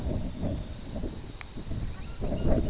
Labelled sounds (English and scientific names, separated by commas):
unidentified sound, Purple Sandpiper (Calidris maritima)